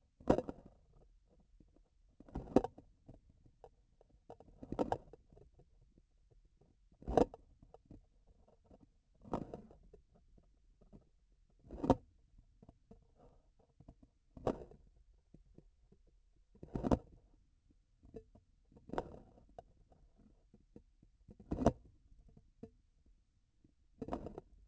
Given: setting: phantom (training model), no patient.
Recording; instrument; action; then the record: laparoscopic instrument, vibration sensor on the handle end; grasping forceps; opening and closing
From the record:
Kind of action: tool actuation without material contact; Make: Olympus